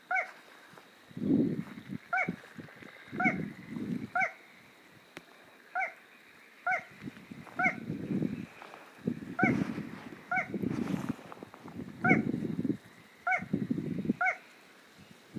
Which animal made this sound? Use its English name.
Little Crake